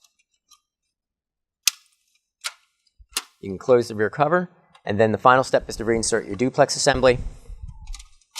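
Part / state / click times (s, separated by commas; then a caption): duplex unit into rear of laser printer / not seated / none. A duplex assembly is handled at the rear of an HP P4015 laser printer during a maintenance kit replacement, after the rear cover is closed. A few sharp handling clicks and knocks are heard early, the loudest near 1.7 s, and then someone talks. The duplex assembly has not yet been pushed in, and nothing has seated or clicked into place yet.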